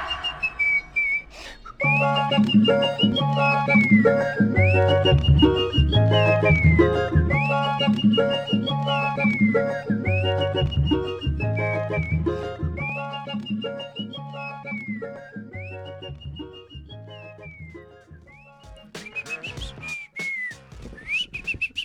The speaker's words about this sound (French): Oh, j'étais en train de siffloter tranquillement. Tranquillement avec un petit mojito.